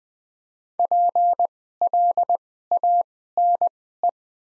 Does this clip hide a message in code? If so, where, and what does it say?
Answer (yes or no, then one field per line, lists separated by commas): yes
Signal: Morse code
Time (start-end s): 0.8-4.1 s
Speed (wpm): 20 wpm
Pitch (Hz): 700 Hz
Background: none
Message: PLANE